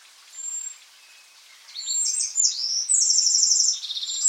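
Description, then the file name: Eurasian wren song: one short high note, then a vigorous stream of rapid, shrill trills and rattles running to the end. "Troglodytes troglodytes"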